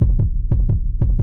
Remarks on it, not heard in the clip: Heartbeat when we asked her if she will be able to maintain her standard of living when she retires.